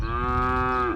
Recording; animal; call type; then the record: contact call of a hoofed animal; cattle; low-frequency (closed-mouth) or high-frequency (open-mouth) call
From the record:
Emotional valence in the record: negative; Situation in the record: full separation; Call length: 0.96 s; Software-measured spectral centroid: 1340 Hz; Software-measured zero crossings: 1660 a second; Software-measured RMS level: -24 dBFS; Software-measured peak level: -16 dBFS